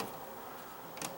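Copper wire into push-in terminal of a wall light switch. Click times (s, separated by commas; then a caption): 1.1 s. A stripped copper wire is pushed into the back-stab push-in terminal of a wall light switch. Against a low background hiss, a short, sharp click comes at 1.0 s as the wire seats in the terminal.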